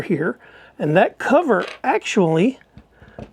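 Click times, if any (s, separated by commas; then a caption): 3.2 s. Someone talks as a rubber or plastic port cover is pulled straight off a DJI Action 5 Pro action camera. A single soft pop is heard at 3.2 s as the cover comes free and leaves the port open.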